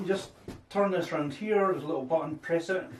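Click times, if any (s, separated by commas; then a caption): none. A flash mount adapter is handled on the speed ring of a Rapid Box Octa softbox: it is turned around and a small release button on the plastic part is pressed while someone talks. Nothing has seated or clicked yet, and the adapter is not yet locked into place.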